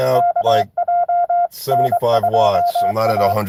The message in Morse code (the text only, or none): KJ N2A